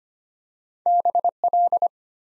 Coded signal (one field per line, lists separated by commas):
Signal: Morse code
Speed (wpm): 25 wpm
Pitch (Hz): 700 Hz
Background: none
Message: BL